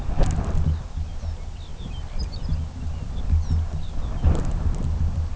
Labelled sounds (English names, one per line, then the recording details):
Lapland Longspur
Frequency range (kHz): Lapland Longspur 2.1-7.1 kHz
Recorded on Arctic tundra, site UTQI-2, on 17 June 2019
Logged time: 06:00